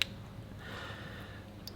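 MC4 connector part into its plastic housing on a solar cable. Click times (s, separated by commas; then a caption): 0.0 s. A crimped part of an MC4 solar cable connector is pushed back onto its plastic connector housing. A sharp, short click at 0.0 s shows the part seating, and after that there is only faint low background hum and a soft tick near the end.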